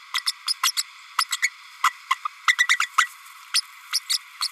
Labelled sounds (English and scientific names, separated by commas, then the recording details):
Green-rumped Parrotlet (Forpus passerinus) babbling
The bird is a female
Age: 32 days
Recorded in a nest box in Venezuela
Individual 17B32A5